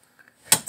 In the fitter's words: it, hear it catch, and it catches.